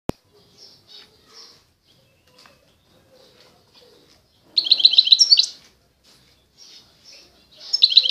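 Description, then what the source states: European goldfinch song, brief: a sharp click at the start, soft faint twitters, then two short bursts of rapid, high, jingling notes near the middle and end. Wild bird.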